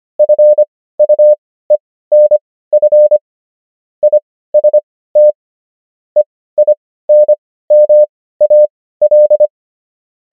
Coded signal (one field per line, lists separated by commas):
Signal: Morse code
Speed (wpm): 25 wpm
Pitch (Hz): 600 Hz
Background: none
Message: FUENF IST EINMAL